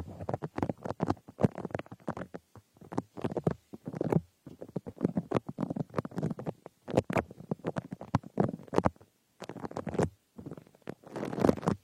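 Ear picking with a frosted bath ball: dense crackly scratching and crisp rustles in quick bursts, pausing briefly near four, nine and eleven seconds.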